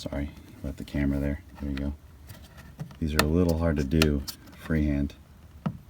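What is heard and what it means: A mirror wiring clip on a Dodge Challenger is worked into the door by hand, with someone talking throughout. Faint handling ticks come through around 2.3 s and 2.8 s, and a sharp tick sounds near 5.7 s. The clip is still being handled and nothing has seated or clicked yet.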